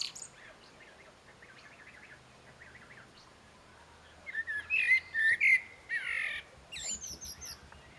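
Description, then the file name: Common blackbird song: faint soft notes at first, then one loud phrase of rich fluted warbling ending in high scratchy twitters. "Turdus merula"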